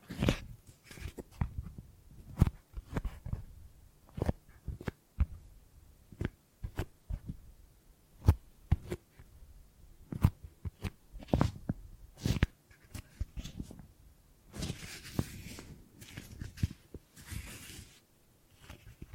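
Gripping and grabbing sounds: a quick, uneven series of short thumps and clicks, several per second, each with a dull low body and a sharp bright tick. Around fifteen to eighteen seconds a softer rustling, scraping texture runs beneath the taps.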